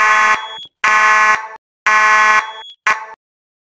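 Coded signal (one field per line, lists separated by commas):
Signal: alarm pattern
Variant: pulsing fire alarm horn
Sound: harsh buzzing horn pulsing on and off, four blasts, the last cut short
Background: faint high whine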